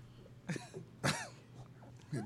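Three short, harsh cough bursts from an adult man, the first two about half a second apart and the third after a pause, with a rough throat-clearing quality. The coughs are dry and isolated, in a quiet indoor room.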